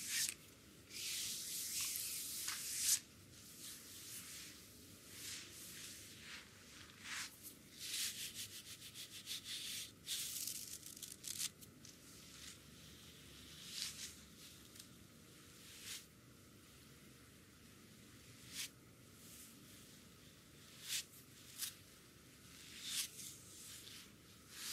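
A dry brush sweeps over skin in bright, scratchy bristle strokes. The brushing is dense and busy for the first dozen seconds, then thins to separate short swipes every second or two, with a soft low hush underneath throughout.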